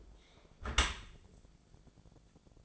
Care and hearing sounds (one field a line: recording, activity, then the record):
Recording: daily activity, microphone in the room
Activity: close dishwasher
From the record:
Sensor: 5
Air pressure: 1000.6 hPa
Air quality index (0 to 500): 149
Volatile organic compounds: 2 ppm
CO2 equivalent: 1145 ppm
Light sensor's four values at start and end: 41/94/40/44 and 41/92/40/43